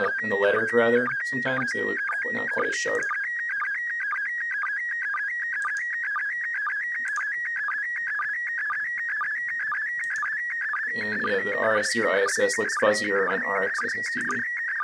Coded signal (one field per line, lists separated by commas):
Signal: SSTV (slow-scan television)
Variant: PD 120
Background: speech